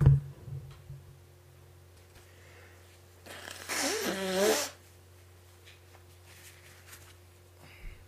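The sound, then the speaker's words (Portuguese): A single forceful nose blow, a rushing, honking burst lasting about a second and a half with a squeaky, wavering whistle inside it, surrounded by near-silence and a faint steady hum. “Olha, eu assim que eu assoar a minha narina, eu vou comentar esse post.”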